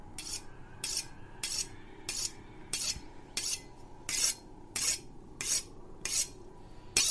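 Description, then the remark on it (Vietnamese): A knife is sharpened with about ten steady, evenly spaced strokes, each a harsh, high-pitched metallic scrape over a low background hum, with no voices. “Là âm thanh mài dao. Tiếng mài dao ken két, ken két.”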